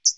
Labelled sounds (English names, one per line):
Hooded Warbler flight call